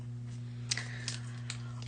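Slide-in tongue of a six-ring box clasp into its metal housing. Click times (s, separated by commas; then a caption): 0.7 s. A large six-ring metal box-style clasp for multistrand jewelry is slid apart and then pushed back together, its slide-in tongue going into the metal housing. A sharp click at 0.7 s shows the tongue has caught and the clasp is closed, followed by softer metallic ticks around 0.8, 1.1 and 1.5 s over a steady low hum.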